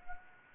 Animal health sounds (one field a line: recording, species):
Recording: mosquito wingbeat signal from an infrared sensor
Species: Anopheles gambiae